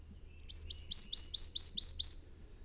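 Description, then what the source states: Prothonotary Warbler song: several loud, bright, upslurred 'sweet' notes repeated evenly, very high-pitched, with faint low hum beneath. Strong, emphatic, loud, bright 'sweet, sweet, sweet' song; species found near water in forested settings such as lake edges, swamps and sloughs, not dry uplands.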